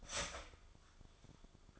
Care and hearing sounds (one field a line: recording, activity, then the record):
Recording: daily activity, microphone in the room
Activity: start toaster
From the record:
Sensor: 5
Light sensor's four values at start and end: 16/37/14/13 and 16/37/14/13